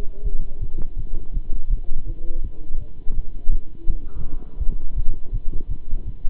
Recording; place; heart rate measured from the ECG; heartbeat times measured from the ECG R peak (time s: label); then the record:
heart sounds by stethoscope; between the tricuspid and mitral areas; 165 bpm
0.23 s: heartbeat
0.60 s: heartbeat
0.96 s: heartbeat
1.32 s: heartbeat
1.69 s: heartbeat
2.05 s: heartbeat
2.42 s: heartbeat
2.78 s: heartbeat
3.14 s: heartbeat
3.50 s: heartbeat
3.86 s: heartbeat
4.17 s: heartbeat
4.58 s: heartbeat
4.95 s: heartbeat
5.32 s: heartbeat
5.68 s: heartbeat
6.04 s: heartbeat
From the record:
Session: Bruce protocol treadmill stress test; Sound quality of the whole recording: good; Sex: male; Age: 26 years